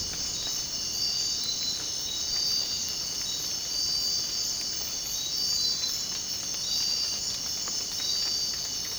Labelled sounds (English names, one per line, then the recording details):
none
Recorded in dense forest near Puerto Asís, Putumayo, Colombia, on 25 June 2025 at 05:00
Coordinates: 0.499, -76.324
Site G100